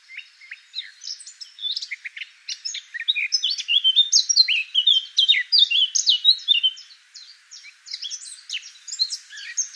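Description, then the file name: Eurasian blackcap song: a fast, dense warble of high chirps and short slurred whistles that builds in the middle and thins out toward the end. "Sylvia atricapilla"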